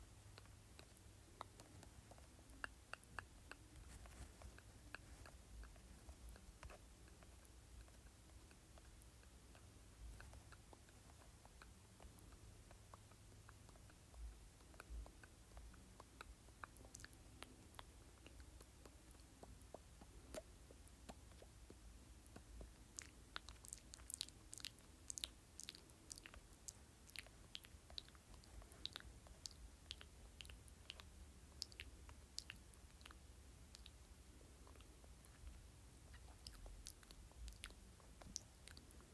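Wet mouth sounds: clicks, smacks and chewing noises arrive in irregular bursts. They are sparse at first, then grow denser and sharper after about twenty-three seconds, over a steady low hum.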